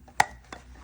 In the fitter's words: You'll hear the click.